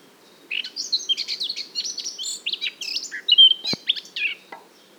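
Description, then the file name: Eurasian blackcap song: a fast, jumbled warble of scratchy and fluty notes lasting about four seconds, with one brief sharp tick partway through. "Sylvia atricapilla"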